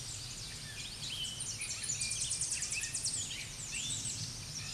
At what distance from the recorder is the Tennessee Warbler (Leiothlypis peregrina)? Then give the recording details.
about 25 m. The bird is about 20 m above the microphone. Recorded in a Pennsylvania forest on 16 May 2024 at 07:13. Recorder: AudioMoth, point MSD-2367. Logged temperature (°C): 16.0 °C. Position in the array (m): 155 m, 216 m